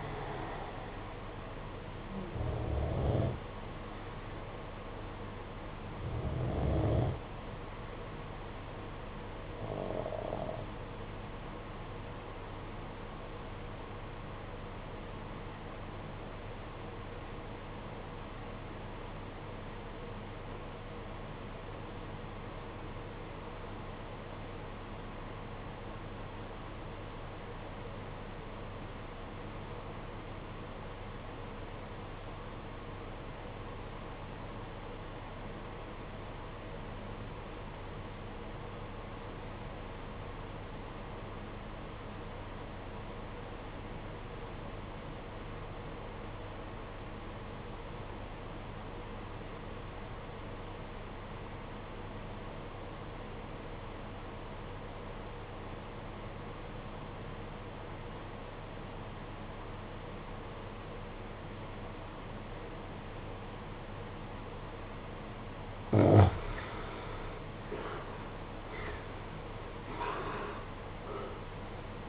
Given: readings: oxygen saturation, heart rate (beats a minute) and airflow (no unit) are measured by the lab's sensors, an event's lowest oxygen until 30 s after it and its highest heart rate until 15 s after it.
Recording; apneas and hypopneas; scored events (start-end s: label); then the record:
breathing in sleep by a voice recorder at the bedside; 1
9.00-66.10 s: obstructive apnea (REM, oxygen 96% highest, then 68% lowest, heart rate 50 at the start, 96 highest)
From the record:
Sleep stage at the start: REM sleep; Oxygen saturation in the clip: 72 to 96%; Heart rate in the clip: 45 to 88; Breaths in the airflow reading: 6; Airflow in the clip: -10.9 to 15.2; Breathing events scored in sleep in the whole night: 476 in 9.7 hours asleep